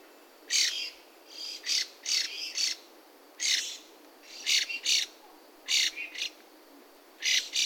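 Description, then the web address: Bird calling with repeated harsh, scratchy squawks, often doubled or tripled, in quick clusters with short gaps, over faint steady hiss. "yacho koe"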